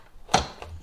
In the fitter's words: and then the second unit is pushed on until it clicks into place.